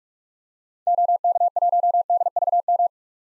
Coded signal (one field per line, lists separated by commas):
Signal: Morse code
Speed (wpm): 44 wpm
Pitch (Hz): 700 Hz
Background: none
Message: OK1DVM